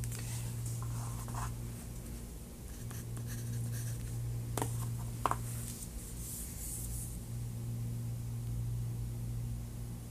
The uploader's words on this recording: ASMR | Sketching you!!!